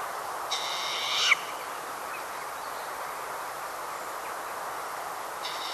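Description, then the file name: Short-eared owl call: a single coarse, wheezy rasp near the start, a second rasp just beginning at the very end, and steady background noise between. "Jorduggla"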